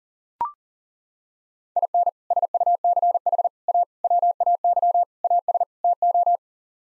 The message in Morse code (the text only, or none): IN SUCH A WAY AS TO